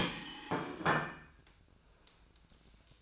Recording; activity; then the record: daily activity, microphone in the room; place plate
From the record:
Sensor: 2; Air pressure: 1009.2 hPa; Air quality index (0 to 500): 186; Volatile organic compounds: 11 ppm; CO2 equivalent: 2317 ppm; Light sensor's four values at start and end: 22/54/23/26 and 23/54/23/25